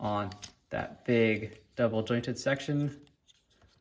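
Someone talks while handling a Transformers Legacy Leader Blitzwing action figure, lining up the plastic tab on its waist with the slot on the big double-jointed hinge section. Nothing has seated or clicked yet.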